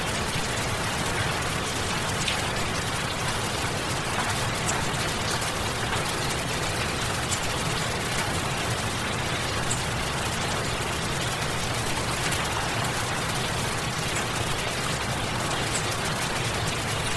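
Heavy rain pours down in a dense, unbroken hiss that holds steady from start to finish. Countless fine drops patter across the bright upper range, while a low rumbling roar sits underneath throughout, with no single thunderclap standing out.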